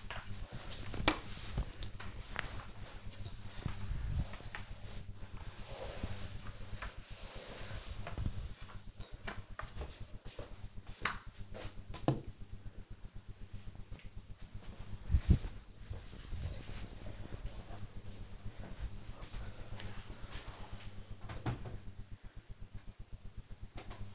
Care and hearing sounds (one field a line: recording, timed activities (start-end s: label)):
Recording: household activities, microphone on the right wrist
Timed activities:
0.00-9.46 s: floor cleaning